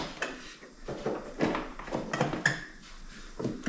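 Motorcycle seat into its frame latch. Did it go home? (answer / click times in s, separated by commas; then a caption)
yes / 2.5 s. The seat of a Honda CRF300L is pushed down onto its mount and into its frame latch while parts are reinstalled after a Yoshimura Race RS-4 full exhaust install. Scuffing and handling bumps at about 0.2 s and 1.6 s lead up to a sharp, bright click at 2.5 s, and the seat is seated in its latch.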